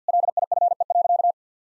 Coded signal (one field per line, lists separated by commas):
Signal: Morse code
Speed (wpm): 50 wpm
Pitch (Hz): 700 Hz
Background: none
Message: LIFE.